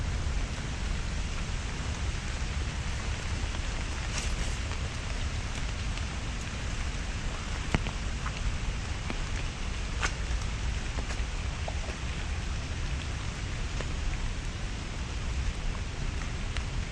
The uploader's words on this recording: NYC Nature Rain Sounds ASMR.